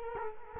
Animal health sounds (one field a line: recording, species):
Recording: mosquito wingbeat signal from an infrared sensor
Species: Culex quinquefasciatus